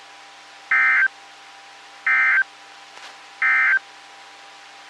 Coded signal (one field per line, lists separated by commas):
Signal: Emergency Alert System (SAME) tones